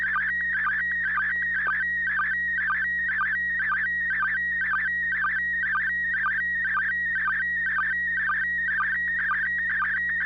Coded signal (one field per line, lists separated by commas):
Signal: SSTV (slow-scan television)